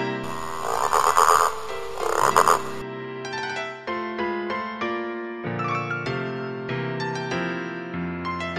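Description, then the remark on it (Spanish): Two long, raspy, buzzing frog croaks sound one after another, then give way to a gentle melodic tune of sustained, bright notes. “El Rey Rana.”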